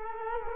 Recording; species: mosquito wingbeat signal from an infrared sensor; Culex quinquefasciatus